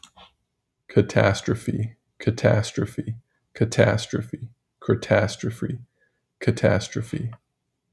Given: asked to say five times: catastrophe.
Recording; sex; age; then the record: repeated word; male; 20 to 29 years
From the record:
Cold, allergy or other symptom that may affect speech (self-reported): no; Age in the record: 28 years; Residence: Texas, United States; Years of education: 20